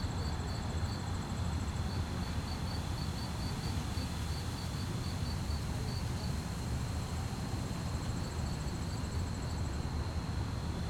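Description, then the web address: Crickets chirping in fast, even pulses high in pitch, a second faint chirping layer coming and going, over a steady low rumble. Fast-chirping crickets at night on a quiet street, with distant activities and slight wind. "GDC 2017-Game Audio Bundle Articulated Sounds - Quiet Streets QUIET STREET Night fast chirp crickets, distant activities, slight wind"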